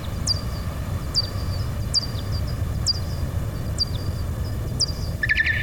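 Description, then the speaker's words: Pipistrelle bat calls, a series of sharp high downsweeping chirps about once per second, ending in a denser burst of social calls, over low rumbling background noise. "Donc c'est un cri social de pipistrelle, ça."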